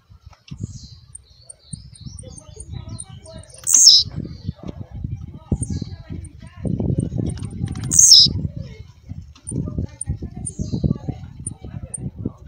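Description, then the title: Blue-black grassquit call: two brief, high, sharp notes about four seconds apart, with faint tiny ticks and a persistent low rumbling backdrop. Female call. "Piado De Fêmea De Tiziu"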